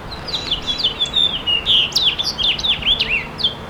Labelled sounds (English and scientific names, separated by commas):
House Finch (Haemorhous mexicanus) song